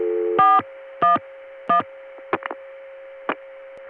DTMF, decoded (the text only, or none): 411